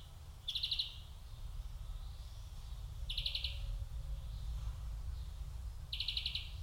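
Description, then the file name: European greenfinch giving three short, quick twittering trill bursts spaced about two to three seconds apart over a low background rumble. "Chloris chloris"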